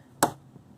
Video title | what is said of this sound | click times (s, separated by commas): How to set up your EverSewn Sparrow X2 in Sewing Mode | and clicks into place. | 0.2 s